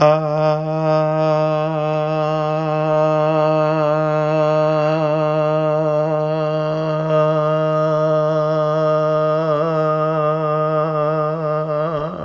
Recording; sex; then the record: sustained vowel /a/; male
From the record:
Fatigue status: no fatigue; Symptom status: symptomatic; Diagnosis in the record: COVID-19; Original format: m4a